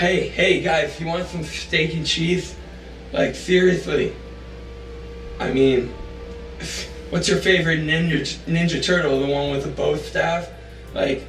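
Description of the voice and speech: A man speaks in a casual, slightly exaggerated voice, imitating a speech impediment he once had and later fixed through publicly funded help. There is a drawn-out repeat of "ninja", and the "s" in "staff" is blurred toward a "th" sound, as in a lisp. Otherwise the speech flows with few pauses.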